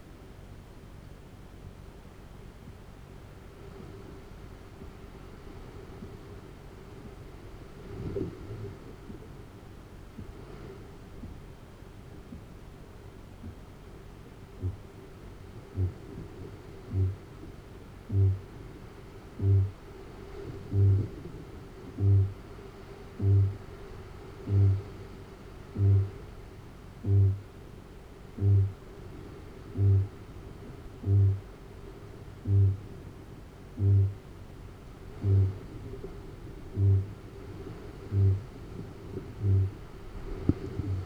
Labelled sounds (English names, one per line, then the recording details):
Kākāpō boom
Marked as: faintness 5/5, faintness 3/5, faintness 2/5
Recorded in New Zealand
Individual Arab